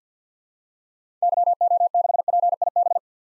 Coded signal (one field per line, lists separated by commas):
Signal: Morse code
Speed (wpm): 50 wpm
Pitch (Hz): 700 Hz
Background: none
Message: YO6PIB